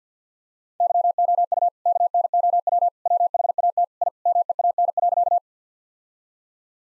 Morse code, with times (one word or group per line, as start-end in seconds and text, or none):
0.8-1.7 YOU
1.9-2.9 KNOW
3.1-3.8 WHAT
4.0-4.1 I
4.3-5.4 MEAN.